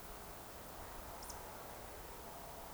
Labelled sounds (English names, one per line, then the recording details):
Eurasian Woodcock whistle
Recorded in Baden-Württemberg, Germany, on 29 June 2020 at 02:28 UTC
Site 43791, 788 m above sea level